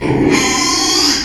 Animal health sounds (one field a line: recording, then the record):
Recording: squeal of a Yucatan mini pig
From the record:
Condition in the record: after surgery on the right vocal fold (resection and tissue-engineered implant)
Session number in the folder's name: 2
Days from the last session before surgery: 13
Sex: male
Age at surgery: 12 weeks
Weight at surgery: 13 kg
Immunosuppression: cyclosporine, prednisolone